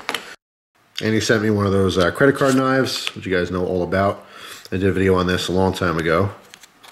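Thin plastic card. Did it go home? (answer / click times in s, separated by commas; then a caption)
no / none. A plastic credit-card style folding knife is handled as its folded section is pressed toward its locked shape. Someone talks over most of the clip, with a couple of sharp short clicks at the very start and faint ones near the end. Nothing has seated or clicked into place yet.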